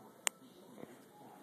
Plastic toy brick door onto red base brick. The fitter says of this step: to the red piece until you hear a snap